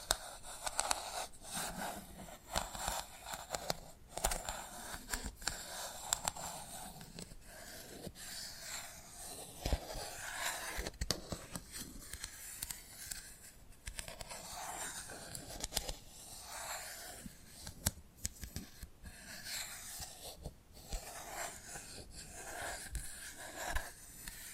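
Tapping and scratching continue for the whole stretch, a dense, rough scratching texture that stays bright and fairly even. Sharp taps break through irregularly every second or so, with a few louder clicks near 11 and 20 seconds.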